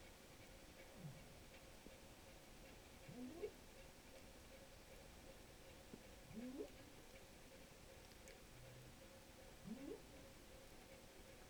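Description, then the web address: Rorqual calls: short rising upsweeps repeated about every three seconds, four in all, with a steady drone and background hiss. Recorded in Norway on 5 January 2023 at 01:22. "college France rorqual Norvege"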